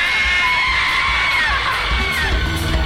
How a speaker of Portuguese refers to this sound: Algumas pessoas, as mais frágeis, desmaiam. As mocinhas gritam.